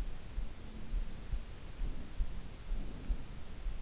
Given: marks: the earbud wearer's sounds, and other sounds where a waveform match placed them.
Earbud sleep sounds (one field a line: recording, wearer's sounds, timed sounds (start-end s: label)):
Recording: sounds in sleep by an in-ear microphone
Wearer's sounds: breath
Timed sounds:
1.93-3.35 s: breath